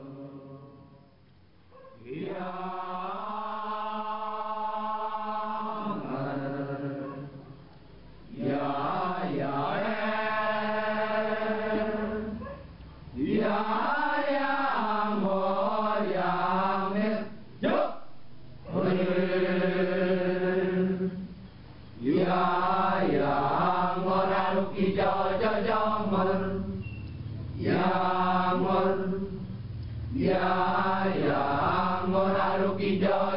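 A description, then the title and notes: Massed male voices chant the Balinese Kecak in long sustained phrases with wavering pitch, broken by brief pauses and sharp rhythmic bursts. A performance of the Kecak (Ramayana Monkey Chant) in Ubud, on the island of Bali, Indonesia.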